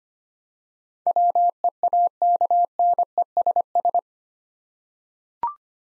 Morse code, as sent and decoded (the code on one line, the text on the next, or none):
.-- . .- -.- -. . ... ...
WEAKNESS